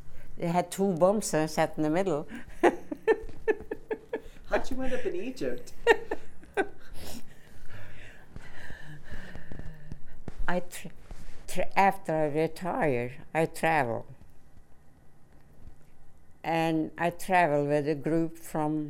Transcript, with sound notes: They had two bumps and I sat in the middle. (she laughs)
How did you end up in Egypt? (laughs)
I travel, after I retired, I travel. And I travel with a group from